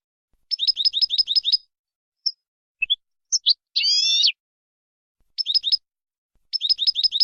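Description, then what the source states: European goldfinch song with quick chattering trills, scattered bright notes, a drawn-out buzzy rasp in the middle, then more rapid trilled phrases. Used to train goldfinches in clean song style, 'cante limpio'.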